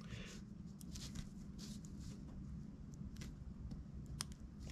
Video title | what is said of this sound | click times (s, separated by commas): Porsche 914 D-Jet Delete- Haltech EFI Conversion Part 7: Wiring Connectors | here click then | 4.2 s